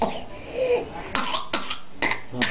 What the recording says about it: Whooping cough is not your run-of-the-mill respiratory virus. It's quite contagious, causing someone to cough so violently they almost suffocate, as heard here from this video clip on the Mayo Clinic's website.